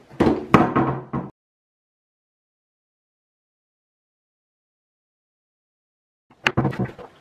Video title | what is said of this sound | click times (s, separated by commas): Building the Cougar Armor Gaming Chair and Use | extra you need to do to these guys they just kind of snap in place all right easy | 0.5 s, 6.5 s